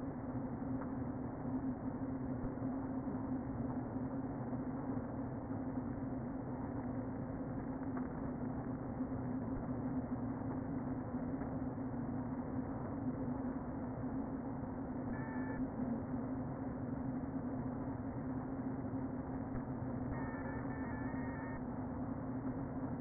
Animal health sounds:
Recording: honeybee colony, microphone inside the hive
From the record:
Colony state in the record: queen present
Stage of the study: before two queens were removed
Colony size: about 60,000 bees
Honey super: yes

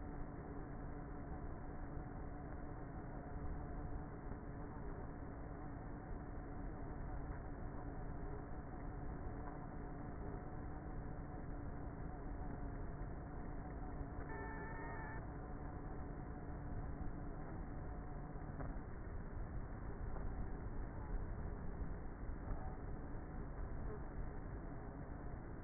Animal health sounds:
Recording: honeybee colony, microphone inside the hive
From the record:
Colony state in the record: queenless with a low population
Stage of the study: before two queens were removed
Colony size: about 30,000 bees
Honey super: no

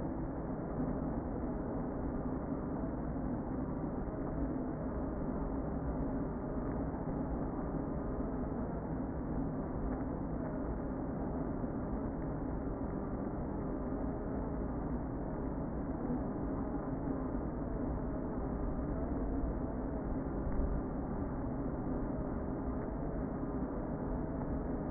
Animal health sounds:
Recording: honeybee colony, microphone inside the hive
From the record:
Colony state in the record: queen present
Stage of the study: before two queens were removed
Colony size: about 60,000 bees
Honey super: yes

